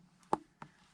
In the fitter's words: You hear that little click? That'll help hold it in place, but that's not really locking it in.